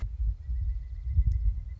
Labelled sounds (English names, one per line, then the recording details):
Pileated Woodpecker
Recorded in Sonoma County, California